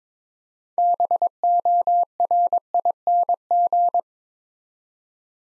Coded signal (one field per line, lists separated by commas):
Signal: Morse code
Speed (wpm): 22 wpm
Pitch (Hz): 700 Hz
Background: none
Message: BORING